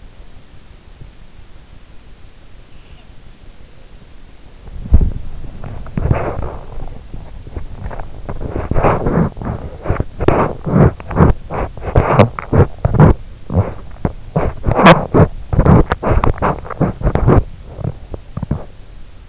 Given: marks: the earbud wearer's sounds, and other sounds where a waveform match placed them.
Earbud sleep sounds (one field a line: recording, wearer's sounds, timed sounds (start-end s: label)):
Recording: sounds in sleep by an in-ear microphone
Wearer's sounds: teeth grinding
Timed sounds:
4.30-19.29 s: teeth grinding